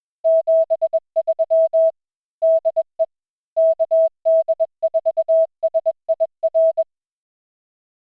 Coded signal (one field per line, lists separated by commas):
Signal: Morse code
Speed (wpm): 21 wpm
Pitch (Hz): 650 Hz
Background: music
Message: 73 DE KD4SIR